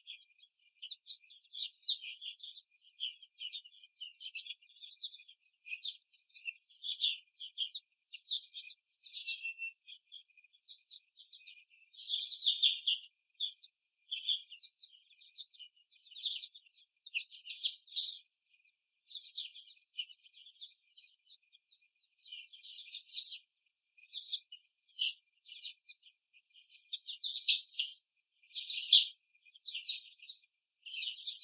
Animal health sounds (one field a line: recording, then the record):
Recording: young laying hens in a cage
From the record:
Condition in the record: before the stressor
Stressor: simulated dog barking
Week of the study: 3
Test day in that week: 1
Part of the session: 1